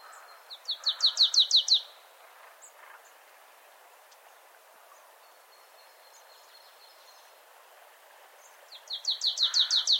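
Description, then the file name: Marsh tit giving a quick series of bright, high chattering notes, then a long quiet gap with faint bird sounds, before another fast run of the same notes. "Poecile palustris"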